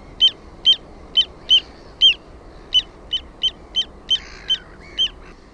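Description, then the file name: Little ringed plover calling persistently: a quick string of about twelve sharp, high whistled notes, with a faint rasp near the end. "PIKKUTYLLI"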